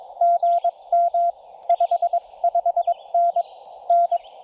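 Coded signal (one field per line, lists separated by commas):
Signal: Morse code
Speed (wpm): 22 wpm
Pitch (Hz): 690 Hz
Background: none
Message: GM 55N N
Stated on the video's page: CW POTA activation on 40m using a borrowed TR-35 radio keyed with Palm Pico iambic paddles; bands better than previous attempt.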